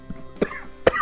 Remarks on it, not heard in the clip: I just don't like these cigars. I gotta stop. It sounds like you coughed up a hairball there.